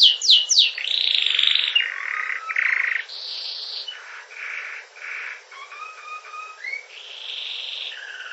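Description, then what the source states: Canary singing a varied sequence of sharp downslurred notes, buzzy trills and whistled phrases that shift in pitch. Canary song from a collection labelled 'wroblowe'.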